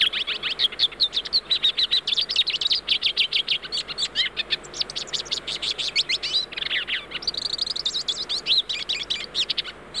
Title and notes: Museo de Ciencias de Bahía Blanca. Cabecita Negra (Spinus magellanicus). posee un canto variado y atractivo